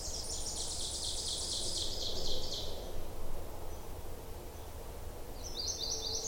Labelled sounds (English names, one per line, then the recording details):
Ovenbird song
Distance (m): 60 m
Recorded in boreal forest in Alberta, Canada, on 26 May 2016 at 08:06
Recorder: SongMeter 3, array SBT-3-15
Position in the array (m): 40 m, 230 m
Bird 20